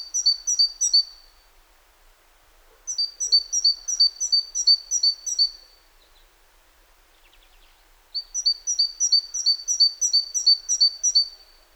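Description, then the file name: Great tit song in three bursts, each a rapid series of high, see-sawing two-syllable notes separated by pauses of a couple of seconds. "Parus major"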